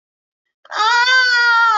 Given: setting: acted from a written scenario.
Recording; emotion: vocal sound without words; distress